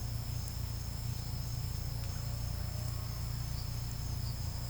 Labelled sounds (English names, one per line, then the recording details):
none
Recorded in secondary vegetation near Puerto Asís, Putumayo, Colombia, on 18 December 2024 at 10:30
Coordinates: 0.499, -76.323
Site G010